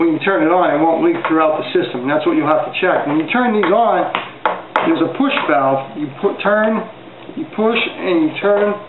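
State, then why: Not seated. A push valve on a homemade high-pressure air fill adaptor, a metal fitting for an SCBA bottle, is pushed in and twisted by hand while someone talks throughout. Nothing has seated or clicked yet; the clip ends just before the valve goes home.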